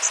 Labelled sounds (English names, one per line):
Blackburnian Warbler flight call